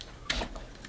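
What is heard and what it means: A fold-out wheel arm on a Muwi pocket smartphone camera dolly is swung out of its plastic body until it snaps into place. A sharp, short click is heard at 0.3 s, followed by fainter ticks near the end, and the wheel is seated.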